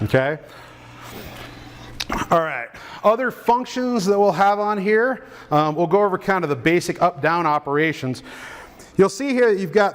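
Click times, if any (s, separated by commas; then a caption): 2.0 s. The collapsed folding head section of a Stryker Power PRAM powered ambulance stretcher is pulled back out to full extension and locks with a single sharp click at 2.0 s. It has to come all the way out until it locks, or the stretcher cannot be loaded properly into the ambulance. Someone talks before and after the lock engages.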